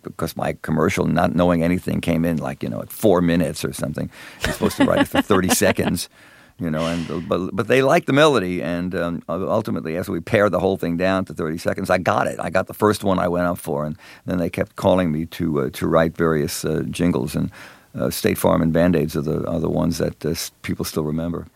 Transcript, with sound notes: and because my commercial - not knowing anything - came in, like, you know, at 4 minutes or something.
(Laughter).
You're supposed to write for 30 seconds, you know? And - but they liked the melody. And ultimately, as we pared the whole thing down to 30 seconds, I got it. I got the first one I went up for. And then they kept calling me to write various jingles, and State Farm and Band-Aids are the ones that people still remember.